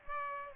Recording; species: mosquito wingbeat signal from an infrared sensor; Aedes aegypti